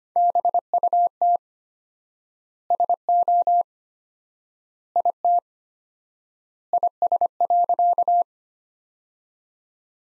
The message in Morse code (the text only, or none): BUT SO IT IS.